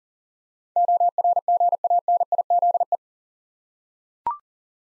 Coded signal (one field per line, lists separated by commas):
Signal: Morse code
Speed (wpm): 41 wpm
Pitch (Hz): 700 Hz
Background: none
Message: ORGANIZE